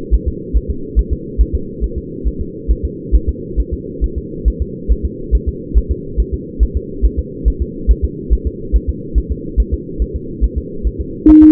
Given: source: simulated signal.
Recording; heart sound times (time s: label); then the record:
fetal heart sounds
0.14 s: S1
0.28 s: S2
0.56 s: S1
0.70 s: S2
0.99 s: S1
1.13 s: S2
1.41 s: S1
1.55 s: S2
1.84 s: S1
1.98 s: S2
2.27 s: S1
2.41 s: S2
2.71 s: S1
2.85 s: S2
3.15 s: S1
3.29 s: S2
3.60 s: S1
3.73 s: S2
4.04 s: S1
4.18 s: S2
4.48 s: S1
4.62 s: S2
4.91 s: S1
5.05 s: S2
5.35 s: S1
5.49 s: S2
5.78 s: S1
5.91 s: S2
6.20 s: S1
6.34 s: S2
6.63 s: S1
6.77 s: S2
7.05 s: S1
7.19 s: S2
7.48 s: S1
7.62 s: S2
7.91 s: S1
8.05 s: S2
8.33 s: S1
8.47 s: S2
8.76 s: S1
8.90 s: S2
9.18 s: S1
9.32 s: S2
9.60 s: S1
9.74 s: S2
10.02 s: S1
10.16 s: S2
10.44 s: S1
10.58 s: S2
10.87 s: S1
11.01 s: S2
11.30 s: S1
11.44 s: S2
From the record:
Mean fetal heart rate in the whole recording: 140 bpm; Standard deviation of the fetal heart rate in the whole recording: 2 bpm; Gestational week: 34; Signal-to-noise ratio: -4.3 dB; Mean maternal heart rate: 72 bpm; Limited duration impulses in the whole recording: present